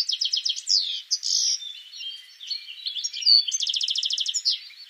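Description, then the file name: European goldfinch twittering calls: quick repeated tinkling trills and liquid, slurred notes. "Carduelis carduelis"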